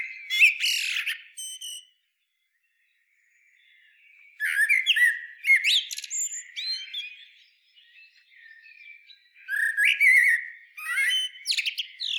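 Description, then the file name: Common blackbird singing fluty, mellow phrases, each closing in a thin, scratchy high twitter, with a silent gap after the first phrase and softer warbles between the later ones. "Turdus merula"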